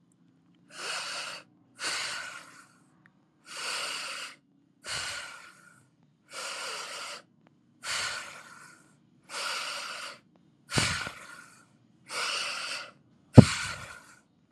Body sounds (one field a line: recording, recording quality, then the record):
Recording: deep breathing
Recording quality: excellent, no background noise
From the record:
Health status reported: healthy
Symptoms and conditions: none ticked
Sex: male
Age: 25 years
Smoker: not ticked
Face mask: not worn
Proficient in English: yes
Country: India